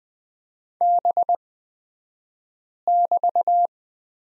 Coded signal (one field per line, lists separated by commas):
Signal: Morse code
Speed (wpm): 20 wpm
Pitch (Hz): 700 Hz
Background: none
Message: B<BT>